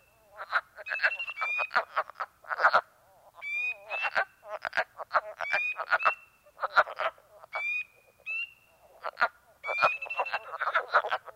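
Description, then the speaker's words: Wood frogs give rough, quacking clucks in irregular bursts; clear rising piping whistles from another frog sound several times alongside. Cackling chorus at a small woodland pool in New York State, April, at midnight; temperature plummeting, excitement muted by chilling air; a spring peeper trills and pipes nearby. "We sit before a small woodland pool full of cackling wood frogs, their excitement muted by the chilling air."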